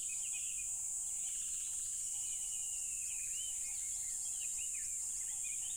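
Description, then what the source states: Shrill continuous cricket drone, with rising bird whistles and soft low notes recurring. Loud crickets at a tropical river.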